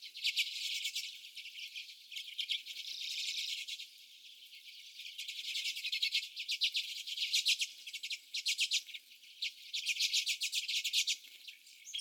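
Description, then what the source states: Common redpolls calling in a flock, dense rapid dry chattering notes in bursts, fading and swelling throughout; only high-pitched sound present. Several common redpolls.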